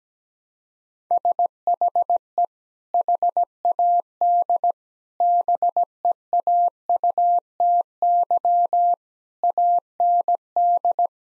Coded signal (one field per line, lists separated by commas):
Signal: Morse code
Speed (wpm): 17 wpm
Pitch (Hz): 700 Hz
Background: none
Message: SHE HAD BEAUTY AND